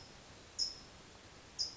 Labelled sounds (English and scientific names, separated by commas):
California Towhee (Melozone crissalis)